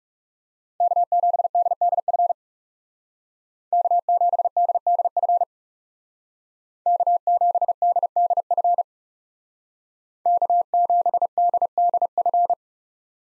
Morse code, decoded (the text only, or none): K7DDF K7DDF K7DDF K7DDF